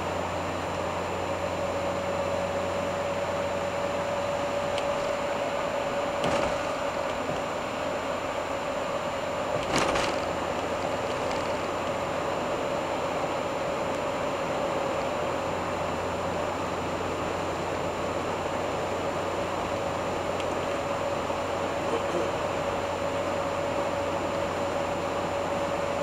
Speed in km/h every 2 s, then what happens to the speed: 63, 65, 65, 63, 63, 63, 63, 62, 63, 64, 64, 64, 64.
0-26 steady at about 63.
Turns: none.